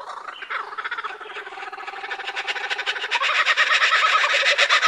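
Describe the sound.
Kookaburra laugh building from softer chuckling notes into a loud, fast, cackling rattle that grows louder toward the end.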